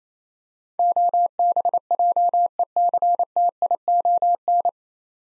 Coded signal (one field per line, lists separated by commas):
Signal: Morse code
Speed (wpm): 28 wpm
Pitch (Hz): 700 Hz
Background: none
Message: OBJECTION